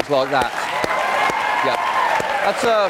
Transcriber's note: soundbite of applause